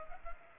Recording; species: mosquito wingbeat signal from an infrared sensor; Culex pipiens